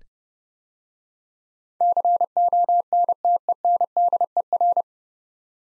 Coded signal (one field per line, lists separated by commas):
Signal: Morse code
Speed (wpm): 30 wpm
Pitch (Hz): 700 Hz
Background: none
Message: CONTENDER